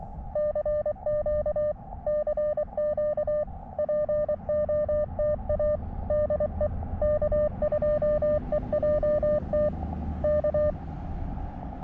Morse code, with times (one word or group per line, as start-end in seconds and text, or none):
0.4-1.7 CQ
2.1-3.4 CQ
3.8-5.8 POTA
6.1-6.7 DE
7.0-9.7 K2EJT
10.2-10.7 K